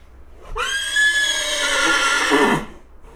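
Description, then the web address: Horse giving one long, loud whinny of about two seconds, rich and harmonic, steady then breaking off at the end. Horse nervous and restless in a stable in a farmyard. "allathangok parasztudvar lo istallobanidegeskedik"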